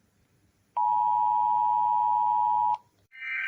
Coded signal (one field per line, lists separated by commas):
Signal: Emergency Alert System (SAME) tones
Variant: 853 and 960 Hz attention tone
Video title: Rating EAS alarms p.1